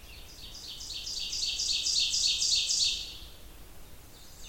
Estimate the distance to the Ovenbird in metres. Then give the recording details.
about 20 m. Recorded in boreal forest in Alberta, Canada, on 28 June 2016 at 07:53. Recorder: SongMeter 3, array SBT-6-79. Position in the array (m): 68 m, 142 m. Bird 40